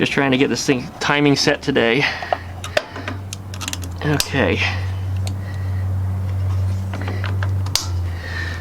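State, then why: Seated. A plug wire or the cap clip on the replacement distributor of a 1956 VW Beetle is pressed home while the distributor is being wired up to set the timing. Someone talks over a steady low hum, and several small clicks and taps come before a sharp final click at 7.8 s. The ignition part is locked into place.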